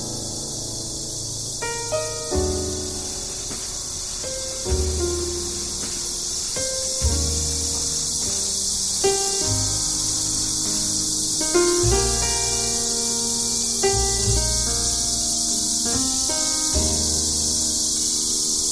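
Cicadas in the trees buzz in a dense, unbroken high-pitched drone that never lets up across the whole clip. Underneath, a lazy jazz tune plays, with bass notes and chords changing every couple of seconds and bright piano-like notes picking out a melody.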